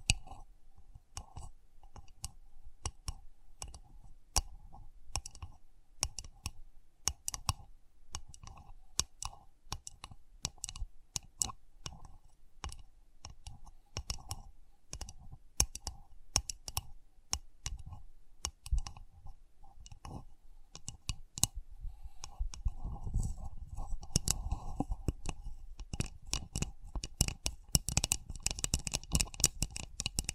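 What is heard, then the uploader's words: Sensitive tapping: a steady stream of small, sharp clicks and taps, irregular but quick, several per second throughout. A faint held tone sits underneath, and from about 22 seconds a soft low rumble swells in, with brighter hiss near the end. Sensitive Tapping.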